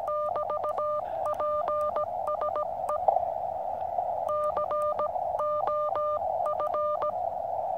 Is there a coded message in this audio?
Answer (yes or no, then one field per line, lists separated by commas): yes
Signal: Morse code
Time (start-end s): 0.1-7.1 s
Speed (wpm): 17 wpm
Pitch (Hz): 1200 Hz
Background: none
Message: <BT> PSE COF